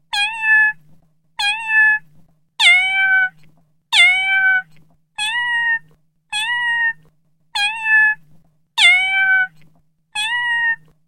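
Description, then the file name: Cat meowing, nine clear drawn-out meows with a brief rise then falling tone, spaced roughly every 1.3 seconds, with a faint low hum beneath. "kot"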